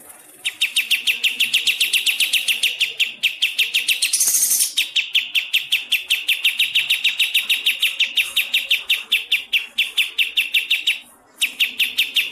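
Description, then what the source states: Bird song: a fast, steady stream of sharp, high chirps that runs almost without a break, with a brief harsh burst near the middle and a short pause toward the end. Masteran recording of birdsong, made for training songbirds.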